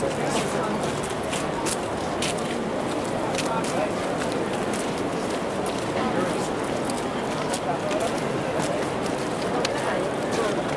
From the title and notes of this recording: A Field Recording of the Eiffel Tower. Ring in the new year with this field recording of the Eiffel Tower in Paris, France. Recorded with Zoom H2n, using X/Y Mic Set-up at 90 Degrees wide.